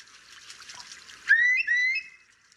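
A curlew calls with two clear, rising whistled notes in quick succession, fairly loud, after a stretch of soft, hissy background noise.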